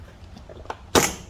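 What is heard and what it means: The bottom of a Jeep Wrangler grille is pulled back on the other side during a headlight retaining ring install, so its plastic retainer clips come out of the body. A small snap sounds at 0.7 s, then a much louder, sharper snap at 1.0 s, and the clips are released.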